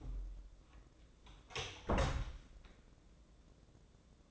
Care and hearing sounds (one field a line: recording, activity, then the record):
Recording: daily activity, microphone in the room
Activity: close door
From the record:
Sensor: 3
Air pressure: 1012.3 hPa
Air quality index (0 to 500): 182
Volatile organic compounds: 3 ppm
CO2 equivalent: 1388 ppm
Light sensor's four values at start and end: 526/1307/539/551 and 525/1303/538/549